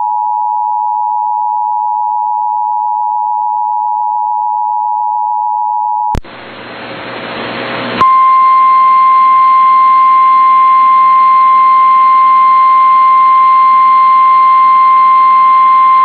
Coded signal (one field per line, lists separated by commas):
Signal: Emergency Alert System (SAME) tones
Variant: 853 and 960 Hz attention tone